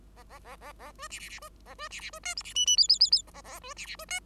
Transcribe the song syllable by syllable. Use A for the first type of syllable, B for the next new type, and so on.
A A A A A B C C C B A B C C B D E C F F G G G G A A A B C C B D